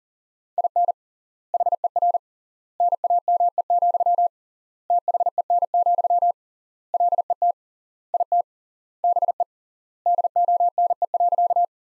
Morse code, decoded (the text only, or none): IN HER NAME, THEN, LET IT BE DONE.